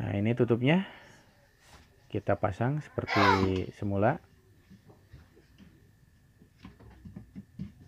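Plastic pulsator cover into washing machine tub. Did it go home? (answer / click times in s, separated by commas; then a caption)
no / none. A plastic pulsator cover is positioned and lined up on the tub of a Sharp ES-T95CR washing machine before being pressed home. Someone talks for the first four seconds, then only faint handling sounds follow, with small taps around 5.6, 7.2 and 7.6 seconds. Nothing has seated or clicked yet.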